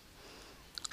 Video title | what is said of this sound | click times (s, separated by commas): Ús correcte de l'inhalador Breezhaler | Quan perforem la càpsula, s'escolta un clic. | 0.8 s, 0.9 s